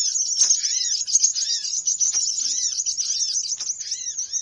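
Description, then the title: Birds in a steady, unbroken high twittering chorus, fast chirps layered over repeated arched notes. Noisy bird lure call for attracting birds; many birds said to gather quickly once played. "Suara Pikat Burung Ribut"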